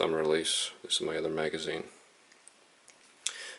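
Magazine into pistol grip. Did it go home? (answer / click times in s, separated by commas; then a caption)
yes / 3.3 s. Someone talks for the first two seconds, then a few faint ticks are heard before a spare magazine is pushed into the grip of a RAP4 Ram Combat paintball pistol. It clicks in and seats with a sharp, loud click at 3.3 s, followed by a brief rattle.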